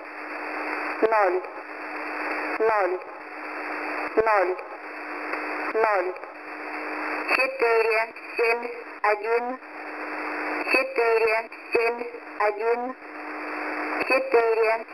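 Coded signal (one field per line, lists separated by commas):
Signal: numbers station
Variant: S06s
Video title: S06s Number Station 9262kHz - 8:30 UTC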